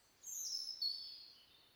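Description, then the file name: European robin song, a very high thin phrase sliding downward, then a second descending trill fading out. "Erithacus rubecula"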